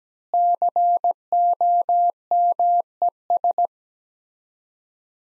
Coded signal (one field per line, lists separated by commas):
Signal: Morse code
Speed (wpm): 17 wpm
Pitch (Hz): 700 Hz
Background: none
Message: COMES